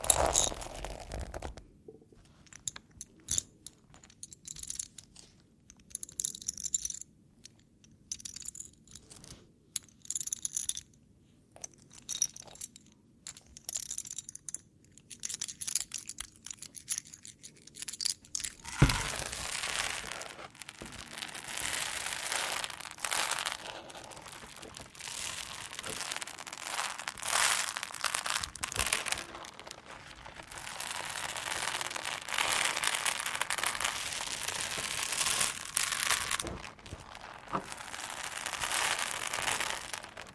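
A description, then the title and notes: Foam crackles in sparse, irregular bright ticks and pops, then from about nineteen seconds becomes a dense, continuous fizzing hiss that steadily grows. Tapping, Foam, Scratching, NO TALKING.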